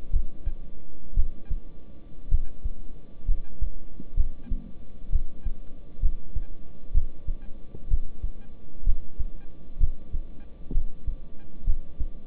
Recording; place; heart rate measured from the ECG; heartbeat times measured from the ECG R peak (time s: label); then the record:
heart sounds by stethoscope; between the tricuspid and mitral areas; 62 bpm
0.11 s: heartbeat
1.14 s: heartbeat
2.29 s: heartbeat
3.26 s: heartbeat
4.15 s: heartbeat
5.10 s: heartbeat
6.00 s: heartbeat
6.92 s: heartbeat
7.88 s: heartbeat
8.84 s: heartbeat
9.78 s: heartbeat
10.72 s: heartbeat
11.65 s: heartbeat
From the record:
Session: rest, lying down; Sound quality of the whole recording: good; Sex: male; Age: 26 years